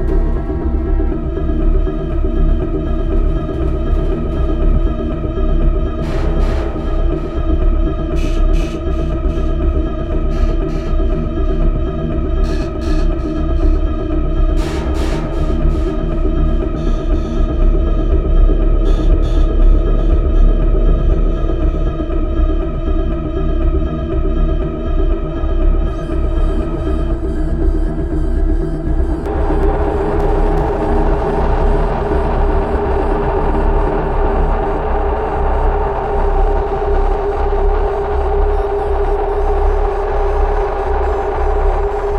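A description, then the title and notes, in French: Rubbing on an overturned bass drum blends with synthetic pads into a dense, low, droning wash, with brief scraping bursts and a brighter shift near thirty seconds. Frottements d'une grosse caisse renversée, nappes synthétiques et spacialisation sonore.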